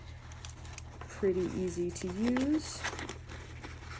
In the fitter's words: to the daisy chain and then press down, and you'll hear a nice click on either side.